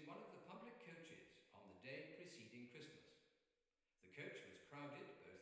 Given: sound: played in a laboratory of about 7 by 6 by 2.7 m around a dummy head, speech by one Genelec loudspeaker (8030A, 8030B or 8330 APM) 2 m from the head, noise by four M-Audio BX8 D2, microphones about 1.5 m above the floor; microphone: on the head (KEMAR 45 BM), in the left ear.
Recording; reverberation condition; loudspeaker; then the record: male speech in English; high; in front (0 degrees)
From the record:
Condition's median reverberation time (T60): about 1300 ms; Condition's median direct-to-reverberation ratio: about -4.0 dB